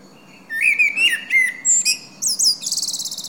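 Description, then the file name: Common blackbird song phrase: a few clear, wavering whistled notes, then sharp higher notes and a rapid, scratchy high twitter to finish. "Turdus merula"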